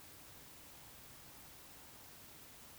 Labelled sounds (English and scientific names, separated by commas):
Eurasian Woodcock (Scolopax rusticola) whistle, Eurasian Woodcock (Scolopax rusticola) croak